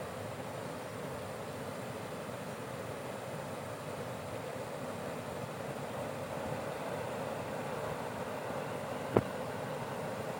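Water pours steadily over a weir on a small river, a continuous dense rushing roar weighted toward the low and middle range. The level stays constant throughout, broken only by a single sharp click or knock just after nine seconds.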